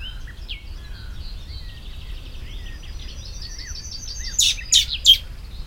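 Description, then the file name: Common blackbird: a high twittering series, then three loud, harsh chack notes at the end. "Turdus merula"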